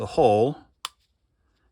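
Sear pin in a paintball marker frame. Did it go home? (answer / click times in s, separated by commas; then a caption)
yes / 0.8 s. Someone talks briefly as an Allen key is pushed up through the small access hole in an AGD X-frame paintball marker fitted with a MAC-33 pneumag kit, lifting the metal sear to engage a pin so the valve stuck inside the body can be removed. A single sharp click sounds at 0.9 s as the sear pin seats, followed by near silence.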